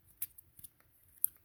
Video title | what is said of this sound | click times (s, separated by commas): Wii Balance Board - Battery Terminal Cleaning and Reassembly, Easy Work! | Snap it in, make sure it clicks. | 1.2 s